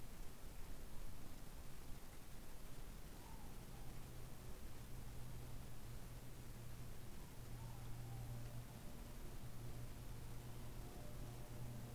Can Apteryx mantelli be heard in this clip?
no